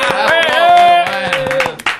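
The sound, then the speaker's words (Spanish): Steady hand claps keep time with a music track, sharp evenly spaced smacks landing several times a second over a melodic, sustained tune, both fairly loud throughout. “así levantamos las palmetas acá y toda la gente en su casa puede hacer la caminata lunar”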